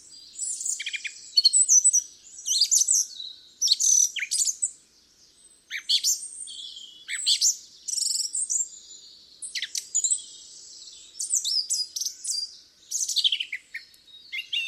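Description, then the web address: Song thrush song in bursts of varied, bright, sharp phrases with short pauses between them, some notes sweeping up and down. "cianscape birddata Deverinetal 2025"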